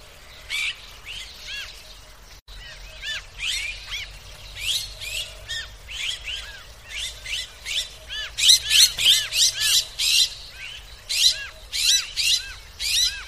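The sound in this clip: Bird chirping in quick bursts of high, squeaky notes with downward-arching slurs, growing denser and louder toward the end, over faint low background hum.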